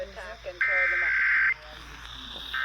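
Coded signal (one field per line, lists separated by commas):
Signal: Emergency Alert System (SAME) tones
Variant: header bursts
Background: speech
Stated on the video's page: Minnesota statewide Required Monthly Test SAME tones aired on broadcast stations WCCO-AM, KNOW-FM and KDWB-FM.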